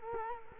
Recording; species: mosquito wingbeat signal from an infrared sensor; Culex quinquefasciatus